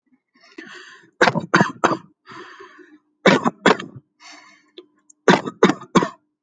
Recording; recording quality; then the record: shallow voluntary cough; excellent, no background noise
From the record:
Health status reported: healthy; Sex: male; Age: 27 years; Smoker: yes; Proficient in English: yes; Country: India